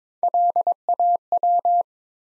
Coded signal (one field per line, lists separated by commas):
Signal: Morse code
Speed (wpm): 22 wpm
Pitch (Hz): 700 Hz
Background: none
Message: LAW